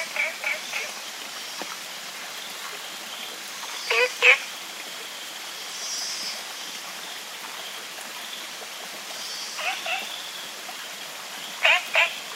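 Olive frog calling in brief pulsed bursts, some doubled, spaced several seconds apart against constant rushing background noise.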